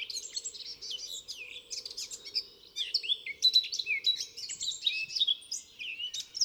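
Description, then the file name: Eurasian blackcap giving a continuous, fast, scratchy warble of high, varied twittering notes with slurred whistles throughout, over a faint low hum. "Sylvia atricapilla"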